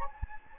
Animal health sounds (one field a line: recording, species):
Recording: mosquito wingbeat signal from an infrared sensor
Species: Anopheles gambiae